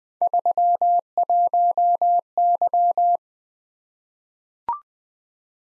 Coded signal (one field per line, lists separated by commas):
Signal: Morse code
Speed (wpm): 20 wpm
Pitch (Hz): 700 Hz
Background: none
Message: 31Y